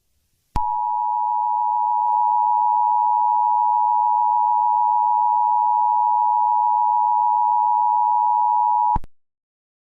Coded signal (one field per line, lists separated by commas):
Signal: Emergency Alert System (SAME) tones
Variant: 853 and 960 Hz attention tone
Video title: EAS Scenario: The red eye man (FULL SERIES) (analog horror)